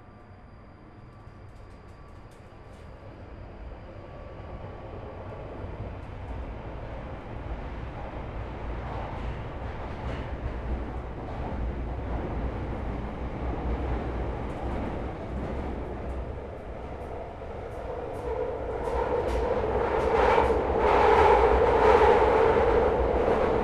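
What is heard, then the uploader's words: An empty Underground train rumbles along, a dense low roar that builds steadily louder over the clip. Near the end the noise brightens with sharp metallic screeches and squeals from the wheels, peaking around twenty seconds, while a faint steady tone hums beneath. I recorded the sound of an empty Underground train and it made me feel a bit weird and spooky. I made sure I travelled late, about 10pm. My carriage was entirely empty for the entire journey from East Finchley to Bank. I decided to bring along a handheld recording device and sit there recording the noise.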